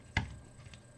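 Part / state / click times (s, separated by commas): screw into 3D printed plastic plate / seated / 0.2 s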